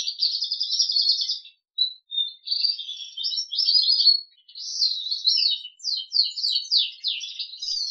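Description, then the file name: Crested canary singing a run of even rolling trills, then varied warbles and quick downslurred chips, with a couple of short pauses. "audio kenari jambul"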